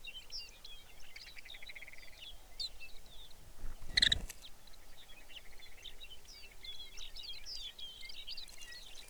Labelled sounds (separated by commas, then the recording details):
songbird, grouse or ptarmigan
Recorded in the Arctic National Wildlife Refuge, Alaska, on 23 May 2019 at 05:10
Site 49